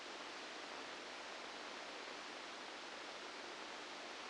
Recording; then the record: brain microelectrode recording played as sound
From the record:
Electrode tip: outside the subthalamic nucleus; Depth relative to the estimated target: -8 mm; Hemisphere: right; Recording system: NeuroSet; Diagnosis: Parkinson's disease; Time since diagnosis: 9 years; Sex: female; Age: 51 years